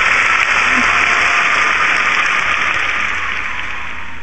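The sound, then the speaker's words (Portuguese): Sustained applause from a flash mob of many people outside, started by a few and joined by the rest, a dense, hissing wash of clapping with no single claps standing out, holding steady for about four seconds and easing slightly at the end. “Uma flash mob de palmas.”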